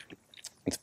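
The folding brace on the folding stock adapter of a Daniel Defense V7P 300BLK AR-15 pistol is folded to the side after its release button is pressed. A few faint ticks and clicks come first, then a sharp, louder metallic snap at 0.7 s as the brace latches. The brace ends up latched folded and secure.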